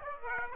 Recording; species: mosquito wingbeat signal from an infrared sensor; Aedes aegypti